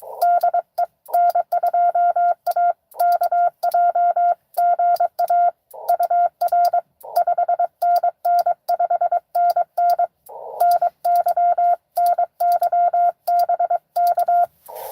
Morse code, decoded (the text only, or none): DE N2AKJ GA UR 5NN 5NN NY NY BK